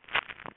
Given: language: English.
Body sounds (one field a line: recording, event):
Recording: throat vibration sensor signal played as sound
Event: swallow